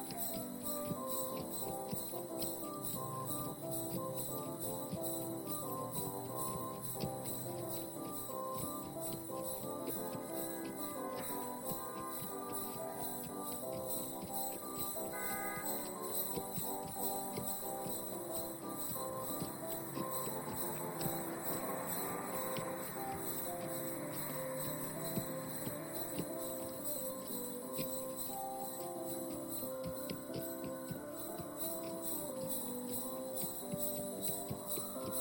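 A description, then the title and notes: A holiday carriage ride through the city on a snowy afternoon, carried by a steady bed of layered ringing tones and bright jingling bells. The level holds even throughout, with a fuller swelling passage from about twenty to twenty-six seconds. A Carriage Ride, A snowy Afternoon, Holiday Season In The City.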